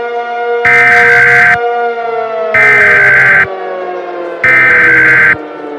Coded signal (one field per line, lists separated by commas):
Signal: Emergency Alert System (SAME) tones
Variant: header bursts